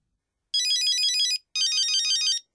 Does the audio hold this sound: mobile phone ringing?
yes